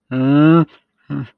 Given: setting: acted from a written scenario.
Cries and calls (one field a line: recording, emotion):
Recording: vocal sound without words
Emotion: distress